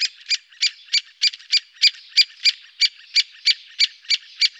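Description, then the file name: Great spotted woodpecker uttering many evenly spaced sharp call notes, with soft fainter notes between them. "picchio rosso maggiore"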